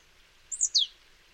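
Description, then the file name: Marsh tit call: a quick two-note phrase, a high sharp note followed by a down-slurred note dropping steeply in pitch, over a quiet background. "Poecile palustris"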